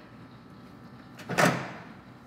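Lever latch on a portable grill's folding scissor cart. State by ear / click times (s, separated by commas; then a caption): not seated / none. The lever latch on the folding scissor cart of a Napoleon Phantom portable gas grill is set, landing with a single broad thud at about 1.4 s over a quiet background. It thuds instead of clicking, so nothing has clicked yet.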